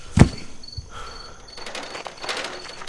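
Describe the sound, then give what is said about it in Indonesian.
A trolley carrying a large object creaks as it is pushed from a van at a closed cybernetic robot disposal centre: a sharp knock and a dull thump at the start, then thin, high squeaks and rattles that run on unevenly at moderate volume, with no voices. “Troli berkeriut ketika ditolak.”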